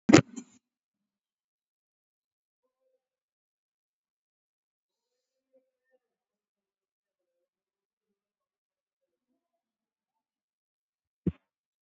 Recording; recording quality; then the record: deep breathing; poor, much background noise or distortion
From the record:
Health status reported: COVID-19 positive, mild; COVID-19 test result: positive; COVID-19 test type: RT-PCR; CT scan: taken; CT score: 6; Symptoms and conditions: cough, cold, fatigue, muscle pain, another respiratory illness, hypertension, diabetes, ischaemic heart disease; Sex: female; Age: 63 years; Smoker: no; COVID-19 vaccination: both doses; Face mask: worn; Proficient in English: yes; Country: India